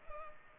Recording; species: mosquito wingbeat signal from an infrared sensor; Culex pipiens